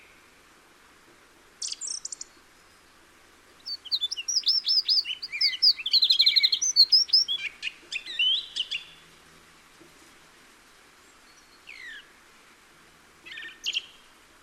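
A song thrush sings in bursts, with a short call near two seconds and then a dense run of bright, varied phrases from about four to nine seconds. After a pause, a few thin rising notes and a brief trill follow near twelve and fourteen seconds.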